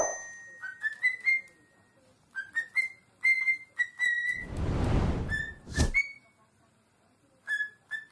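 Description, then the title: Cockatiel whistling: bright notes stepping upward in short groups, interrupted midway by a loud burst of broad rushing noise, then resuming. Several cockatiels singing a whistled song. "Calopsitas Cantando Assobio"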